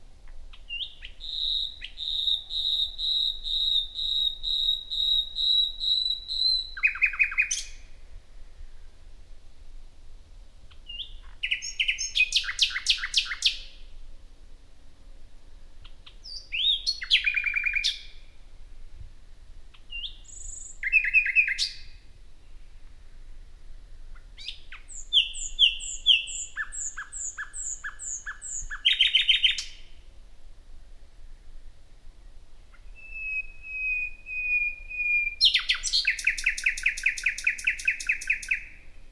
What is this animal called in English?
Common Nightingale